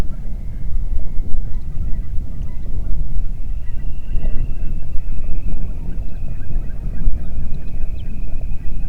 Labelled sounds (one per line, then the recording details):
waterfowl
wind
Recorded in the Prudhoe Bay oil fields, Alaska, on 8 June 2019 at 04:22
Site 30